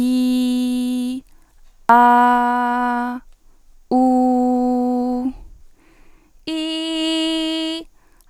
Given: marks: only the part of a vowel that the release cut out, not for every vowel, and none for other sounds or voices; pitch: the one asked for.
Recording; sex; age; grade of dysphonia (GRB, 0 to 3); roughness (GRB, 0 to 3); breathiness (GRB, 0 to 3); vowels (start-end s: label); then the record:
sustained vowels; female; 20 to 29 years; 0; 0; 0
0.00-1.09 s: vowel /i/, normal pitch
1.93-3.08 s: vowel /a/, normal pitch
3.97-5.20 s: vowel /u/, normal pitch
6.53-7.74 s: vowel /i/, high pitch
From the record:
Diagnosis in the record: healthy voice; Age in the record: 21 years